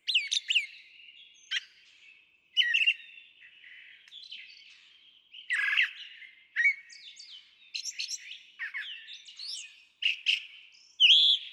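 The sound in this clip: Brown Thrasher singing a rambling series of mixed phrases, clicks, rising and falling slurs and doubled chirps, ending on a bright whistled note.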